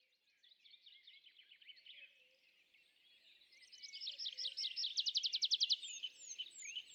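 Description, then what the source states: Tree pipit song: quiet twittering that grows into a loud fast run of repeated notes, ending with thin descending whistles. Displaying tree pipit days back from migration, singing atop isolated tree by meadow, sometimes rising then parachuting down; La Sarcena, Val Drôme, France, 27 April 2020; Nagra Seven, MKH40.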